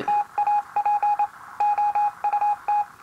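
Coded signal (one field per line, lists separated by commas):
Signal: Morse code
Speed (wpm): 25 wpm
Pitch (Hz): 830 Hz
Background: none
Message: TAP OUT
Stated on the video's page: Audio from the mobile game The Simpsons: Tapped Out.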